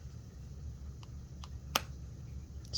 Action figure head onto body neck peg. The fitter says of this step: snapped right in there's destro's head you can have destroy